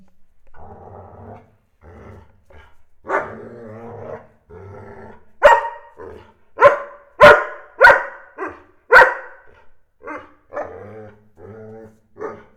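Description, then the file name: Dog barking, with low growling grumbles first, then a run of loud sharp barks in the middle, then quieter growls and shorter calls. Barking during a fight between two animals, with a cat growling as well. "Clarita y Chacha peleando (ladridos de perros y gruñidos de gato)"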